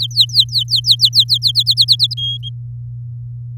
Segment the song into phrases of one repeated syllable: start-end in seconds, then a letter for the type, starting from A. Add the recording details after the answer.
0.00-1.24 A, 1.28-2.14 B, 2.17-2.49 C. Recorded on 4 May 2018 at 09:20. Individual llb16